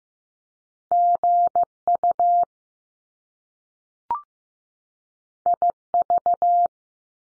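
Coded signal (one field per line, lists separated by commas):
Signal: Morse code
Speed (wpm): 15 wpm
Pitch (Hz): 700 Hz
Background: none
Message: GU IV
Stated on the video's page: Morse practice at 15 wpm: top two-letter combinations found in words, each sent, spoken after a slight pause, then sent again.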